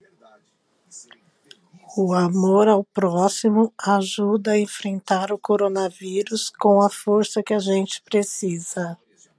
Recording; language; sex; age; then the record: spoken sentence; Brazilian Portuguese; female; 40 to 49 years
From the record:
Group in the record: control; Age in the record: 46 years